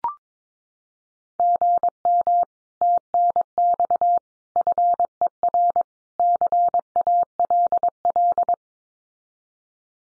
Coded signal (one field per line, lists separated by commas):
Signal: Morse code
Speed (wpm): 22 wpm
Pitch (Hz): 700 Hz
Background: none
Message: GM TNX FER CALL